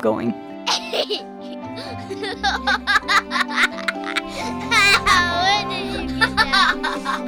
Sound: sound of children laughing while playing

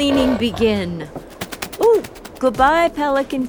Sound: wings flapping

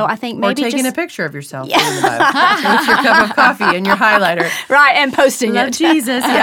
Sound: laughter

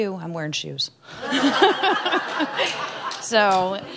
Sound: laughter

